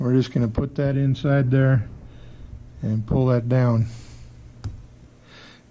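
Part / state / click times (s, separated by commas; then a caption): keyed cable connector into 3D printer bed-leveling probe / seated / 4.6 s. Someone talks while fitting a keyed plastic cable connector, with small key bumps that line up with slots, into its socket on a 3D printer's auto bed-leveling probe and pulling it down. A single sharp click at 4.6 seconds marks the connector snapping into place, seated.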